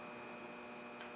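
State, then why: Not seated. An electrical connector is pushed onto a fuel injector on a 2004-2005 Chevy Malibu Classic, pressed on the top of the plastic connector body rather than the wires, during a fuel leak and misfire repair. Steady broadband noise fills the clip, with a brief faint handling sound near 1.0 s. Nothing has seated or clicked yet, and the connector has not snapped into place.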